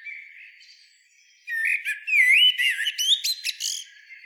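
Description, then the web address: Eurasian blackbird song: a faint whistle, then a loud mellow warbled phrase broken by sharp, high squeaky twitter notes. "SETE Turdus merula"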